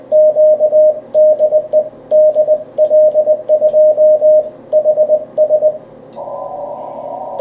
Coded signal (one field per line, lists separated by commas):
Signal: Morse code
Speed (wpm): 19 wpm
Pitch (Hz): 620 Hz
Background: radio noise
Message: QDE DL2HS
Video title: CW QSO on 40m with DK6MV op Alfons